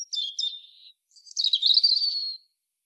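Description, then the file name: European robin sings a short high twittering phrase, pauses, then a longer sparkling warble fading on a thin steady whistle. "Erithacus rubecula"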